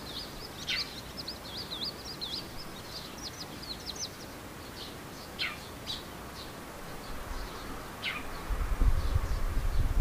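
Birds chirp and trill in high, quick bursts, with a fast rising-and-falling run of notes from about 2 to 4 seconds and sharp downward calls near 1, 5.5 and 8 seconds. A steady low rumble runs underneath, growing louder in the last two seconds.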